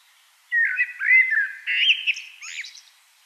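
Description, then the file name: Common blackbird song: one mellow, fluted warbling phrase running into a higher, scratchier twitter at the end, with quiet surroundings. "Turdus merula"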